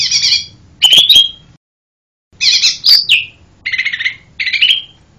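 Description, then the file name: Lesser green leafbird song: harsh buzzy chattering bursts mixed with a clear high whistle, delivered in short phrases separated by brief pauses. "cucak hijau mini. omkicau"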